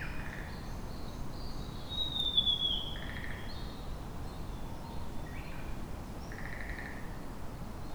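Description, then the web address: Japanese tit calls: a series of short notes, some higher and some lower, spaced irregularly, with a brief thin whistle among them, over constant low background noise. Recorded on 1 May 2019. "kotorinomori kotori shijukara 190501"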